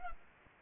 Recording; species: mosquito wingbeat signal from an infrared sensor; Culex pipiens